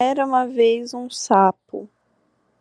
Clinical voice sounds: spoken sentence; Brazilian Portuguese; female; 18 to 19 years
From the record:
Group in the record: control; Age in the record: 19 years

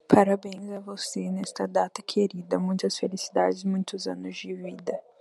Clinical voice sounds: short text; Brazilian Portuguese; female; 20 to 29 years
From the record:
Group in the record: control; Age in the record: 20 years

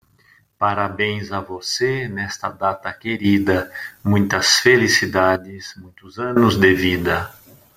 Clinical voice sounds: short text; Brazilian Portuguese; male; 50 to 59 years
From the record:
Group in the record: control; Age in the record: 51 years

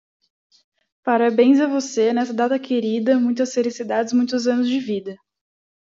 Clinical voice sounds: short text; Brazilian Portuguese; female; 20 to 29 years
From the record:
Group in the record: control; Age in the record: 26 years

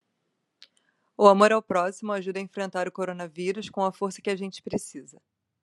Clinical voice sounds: spoken sentence; Brazilian Portuguese; female; 30 to 39 years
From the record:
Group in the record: control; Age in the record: 32 years

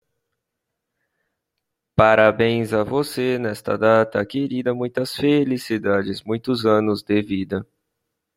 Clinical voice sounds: short text; Brazilian Portuguese; male; 20 to 29 years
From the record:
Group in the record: control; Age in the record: 29 years

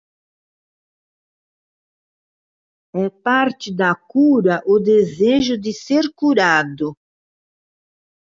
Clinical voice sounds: short text; Brazilian Portuguese; female; 70 to 79 years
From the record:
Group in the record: control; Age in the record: 74 years

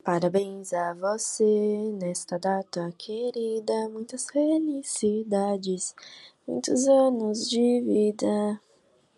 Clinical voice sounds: short text; Brazilian Portuguese; female; 20 to 29 years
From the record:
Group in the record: control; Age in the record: 21 years

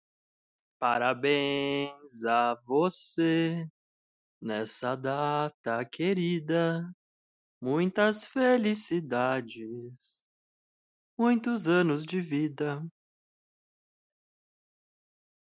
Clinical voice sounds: short text; Brazilian Portuguese; male; 30 to 39 years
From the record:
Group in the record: control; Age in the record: 32 years

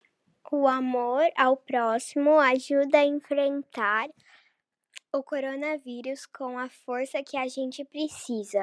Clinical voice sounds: spoken sentence; Brazilian Portuguese; female; 40 to 49 years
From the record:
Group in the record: control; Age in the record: 43 years

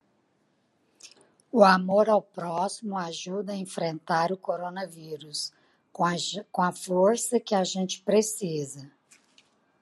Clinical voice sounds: spoken sentence; Brazilian Portuguese; female; 50 to 59 years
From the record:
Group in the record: control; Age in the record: 56 years

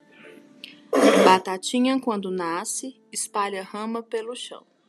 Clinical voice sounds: short text; Brazilian Portuguese; male; 30 to 39 years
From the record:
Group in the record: control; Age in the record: 38 years

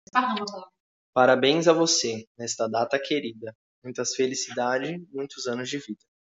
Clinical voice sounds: short text; Brazilian Portuguese; male; 18 to 19 years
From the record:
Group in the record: control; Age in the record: 19 years

